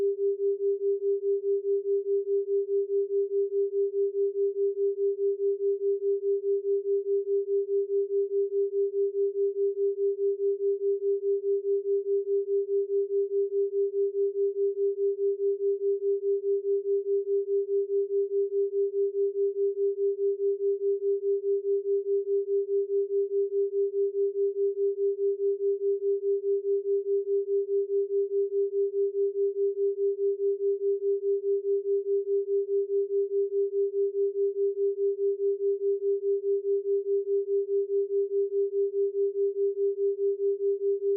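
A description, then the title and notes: A pure, steady 396 Hz tone hums unbroken for the full duration, pulsing with a slow, even binaural beat and no other sounds. 4.8Hz Delta Binaural Beat & 396Hz Solfeggio Tone.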